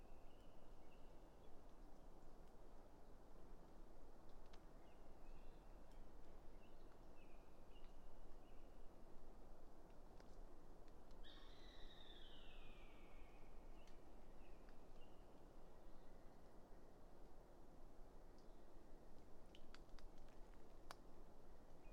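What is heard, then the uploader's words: An afternoon in aspen and pine woods beside a meadow, under a steady low rumble and hiss. Short bird chirps and whistles come and go in the first half, and a louder descending call sweeps down around eleven to fourteen seconds. A few sharp clicks follow near the end. A late spring afternoon in a small stand of Quaking Aspen growing beneath tall Ponderosa Pines beside a seasonally flooded meadow located east of Bear Mountain in Shasta-Trinity National Forest, Siskiyou County, California. A microphone is placed on either side of the trunk of a tree, in this case a Quaking Aspen.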